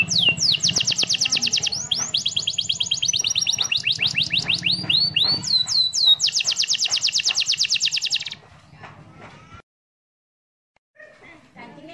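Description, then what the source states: Canary song: long run of rapid high trills and rolls changing speed, ending abruptly, then quiet with faint clicks. Master song for training birds.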